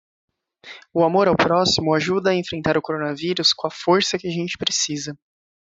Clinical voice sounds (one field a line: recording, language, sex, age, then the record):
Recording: spoken sentence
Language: Brazilian Portuguese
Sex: male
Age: 20 to 29 years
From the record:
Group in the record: control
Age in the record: 24 years